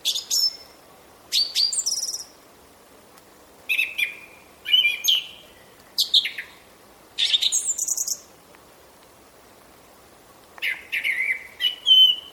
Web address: vogelstimmen singdrossel gesang nabu lars lachmann